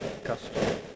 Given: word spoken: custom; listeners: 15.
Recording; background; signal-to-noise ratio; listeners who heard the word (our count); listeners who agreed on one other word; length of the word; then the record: one English word in noise, from a listening test; noise modulated by three-talker babble; -6.5 dB; 4 of 15; 6 of 15; 0.56 s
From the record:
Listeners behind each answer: 6, 4, 2, 1, 1, 1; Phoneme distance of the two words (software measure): 10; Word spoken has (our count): 2 syllables, 6 phonemes, stress on syllable 1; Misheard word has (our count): 2 syllables, 6 phonemes, stress on syllable 1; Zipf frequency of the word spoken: 3.56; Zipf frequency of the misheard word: 4.17